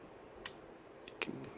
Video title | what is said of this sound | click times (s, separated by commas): 015 - REVIEW - HGBF ∀ Gundam Shin | the snap now | 0.5 s, 1.2 s